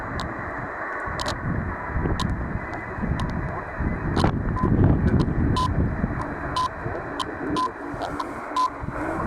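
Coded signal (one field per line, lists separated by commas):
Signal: radio time signal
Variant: WWV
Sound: steady shortwave hiss with short 1 kHz ticks each second and occasional crackles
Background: radio static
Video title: WWV Time signal and faint sound of Italcable time station in background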